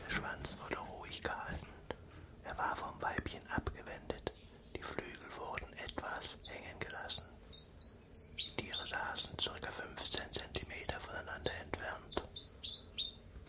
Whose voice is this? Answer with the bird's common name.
Common Chiffchaff